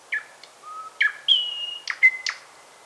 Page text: Thrush Nightingale Song. Quick Sounds